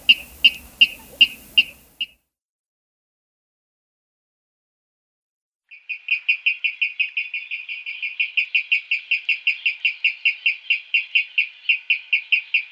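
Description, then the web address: Water rail display call: a brief run of sharp notes, a pause, then a long, steady series of rapid, ringing pulses repeated several times a second. "Schulze Peter Water Rail display"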